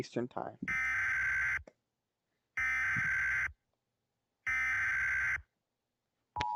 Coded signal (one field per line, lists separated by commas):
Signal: Emergency Alert System (SAME) tones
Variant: header bursts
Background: speech